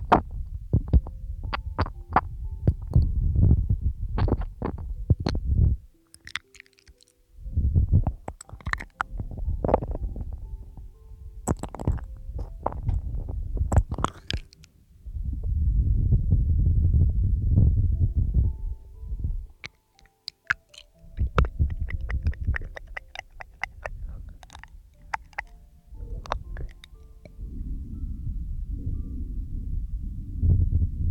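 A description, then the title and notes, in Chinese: Fresh mouth sounds: wet, gurgling low rumbles come in bursts, broken by sharp clicks and pops scattered throughout. Brief silent pauses fall near 6, 15 and 20 seconds, and faint squeaky tones flicker now and then above the murmur. 又是新鲜口腔声asmr。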